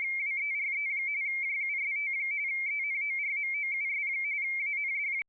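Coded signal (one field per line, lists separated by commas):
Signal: RTTY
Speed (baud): 45.45 baud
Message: WERE JUST ENORMOUS AND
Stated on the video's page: VLF signal received by sound card input SDR software, demo at 48 kHz sample rate covering ±24 kHz.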